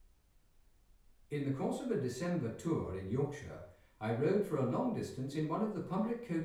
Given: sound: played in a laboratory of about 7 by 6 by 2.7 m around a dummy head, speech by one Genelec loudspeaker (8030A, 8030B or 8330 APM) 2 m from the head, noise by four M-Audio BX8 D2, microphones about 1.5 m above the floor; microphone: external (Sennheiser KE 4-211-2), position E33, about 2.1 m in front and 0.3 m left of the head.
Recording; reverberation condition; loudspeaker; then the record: male speech in English; medium; 150 degrees to the right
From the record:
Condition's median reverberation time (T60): about 510 ms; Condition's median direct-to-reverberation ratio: about -0.5 dB